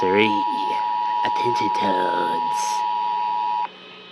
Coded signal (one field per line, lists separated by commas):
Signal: Emergency Alert System (SAME) tones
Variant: 853 and 960 Hz attention tone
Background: speech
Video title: PREPARING FOR THE HOLIDAYS... EAS Tests from November 2022 (EAS #1,708 - 1,760)